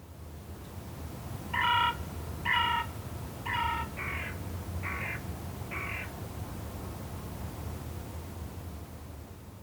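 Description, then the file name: Carrion crow calling, a short series of six hoarse caws about one second apart, the first three loudest, over a low background rumble. "Corvus corone"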